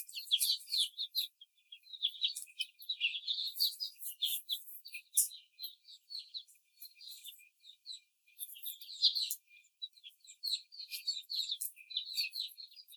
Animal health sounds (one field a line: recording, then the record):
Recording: young laying hens in a cage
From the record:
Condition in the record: after the stressor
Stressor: simulated dog barking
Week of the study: 4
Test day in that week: 2